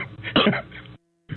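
A single harsh, rasping throat-clear from an adult man lasts about a second, loudest in the middle, then cuts to silence before a brief faint sound at the end. It is an ordinary, deliberate clearing of the throat, close to a loud soft cough.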